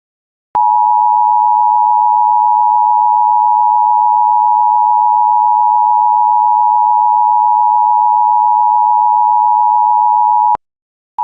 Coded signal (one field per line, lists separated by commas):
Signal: Emergency Alert System (SAME) tones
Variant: 853 and 960 Hz attention tone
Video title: Tsunami eas but the tsunami happens during the eas